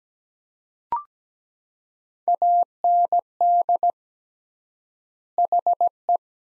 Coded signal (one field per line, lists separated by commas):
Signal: Morse code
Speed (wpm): 17 wpm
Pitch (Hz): 700 Hz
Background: none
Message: AND HE